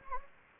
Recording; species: mosquito wingbeat signal from an infrared sensor; Anopheles gambiae